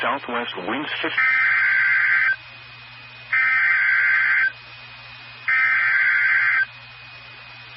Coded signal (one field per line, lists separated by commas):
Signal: Emergency Alert System (SAME) tones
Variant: header bursts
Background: speech